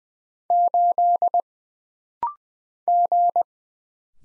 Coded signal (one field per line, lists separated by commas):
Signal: Morse code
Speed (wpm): 20 wpm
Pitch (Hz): 700 Hz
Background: none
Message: 8 G